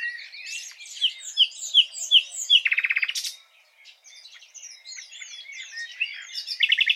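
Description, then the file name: Common nightingale song with a run of clear repeated whistles, a loud buzzy trill, a quiet pause, then twittering and another trill. "Luscinia megarhynchos"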